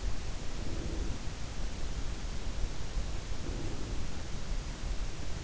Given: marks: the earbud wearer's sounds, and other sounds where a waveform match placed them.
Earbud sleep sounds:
sounds in sleep by an in-ear microphone; breath
0.32-1.55 s: breath
3.03-4.40 s: breath

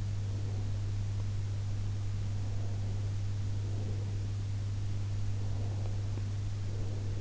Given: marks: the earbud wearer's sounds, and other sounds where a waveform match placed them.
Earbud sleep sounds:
sounds in sleep by an in-ear microphone; breath
1.89-4.37 s: breath
5.26-7.21 s: breath

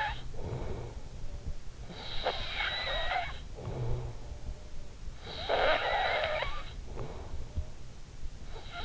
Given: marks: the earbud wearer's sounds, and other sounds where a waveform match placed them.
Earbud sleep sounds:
sounds in sleep by an in-ear microphone; snoring breath
0.00-8.85 s: snoring breath

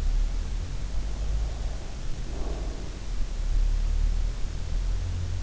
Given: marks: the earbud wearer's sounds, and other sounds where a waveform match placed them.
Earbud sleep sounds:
sounds in sleep by an in-ear microphone; breath
0.76-3.64 s: breath

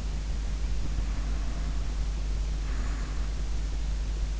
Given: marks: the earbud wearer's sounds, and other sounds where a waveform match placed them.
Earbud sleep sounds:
sounds in sleep by an in-ear microphone; breath
1.05-4.34 s: breath

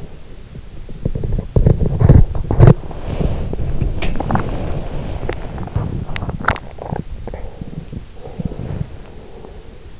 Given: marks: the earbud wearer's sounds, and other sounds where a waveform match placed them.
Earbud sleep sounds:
sounds in sleep by an in-ear microphone; body movement, swallowing
0.00-9.77 s: body movement
6.14-8.08 s: swallowing

